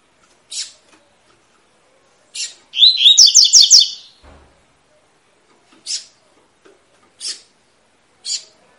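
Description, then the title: Double-collared seedeater song: a rapid, bright warbled phrase of repeated slurred notes, with isolated sharp chips spaced around it. Tui-tui song style, a teaching song for young birds, from a bird described as spirited (fibra). "COLEIRO TUI TUI FIBRA"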